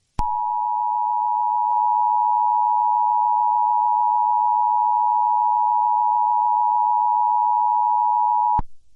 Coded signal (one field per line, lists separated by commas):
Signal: Emergency Alert System (SAME) tones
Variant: 853 and 960 Hz attention tone